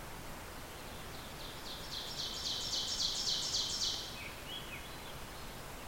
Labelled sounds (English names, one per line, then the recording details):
Ovenbird song
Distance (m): 50 m
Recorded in boreal forest in Alberta, Canada, on 14 June 2016 at 06:27
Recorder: SongMeter 3, array SBT-3-33
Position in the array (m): 128 m, 36 m
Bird 21